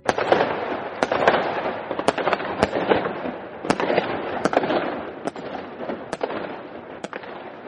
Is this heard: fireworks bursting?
yes